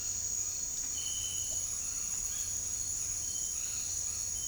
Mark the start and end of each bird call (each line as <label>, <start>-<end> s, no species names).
bird call, 1.55-4.47 s